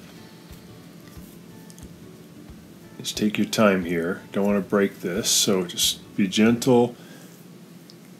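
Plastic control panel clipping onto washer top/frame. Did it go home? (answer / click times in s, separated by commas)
no / none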